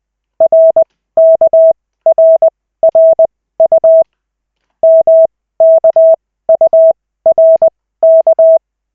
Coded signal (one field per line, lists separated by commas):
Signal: Morse code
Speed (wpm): 20 wpm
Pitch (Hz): 650 Hz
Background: none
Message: RKRRU MKURK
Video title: Koch 3/40, 14.12.2024, 2nd CW practice session